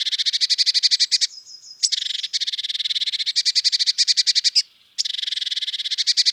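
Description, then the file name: Eurasian blue tit giving long, rapid churring rattles of buzzy notes with brief pauses, broken by a thin, higher tone. "Cyanistes caeruleus"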